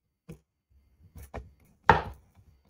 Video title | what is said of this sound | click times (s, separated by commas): kugoo m4 motor rewire | You'll hear it click a few times with the spindle sitting back in place. | 1.9 s